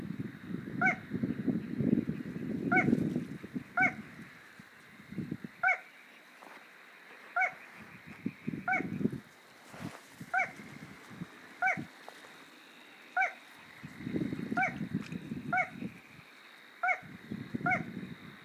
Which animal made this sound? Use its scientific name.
Porzana parva